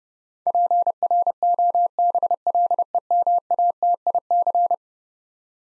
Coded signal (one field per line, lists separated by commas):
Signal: Morse code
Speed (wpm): 32 wpm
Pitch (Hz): 700 Hz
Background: none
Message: PROBLEMATIC